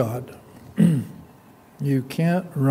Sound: clears throat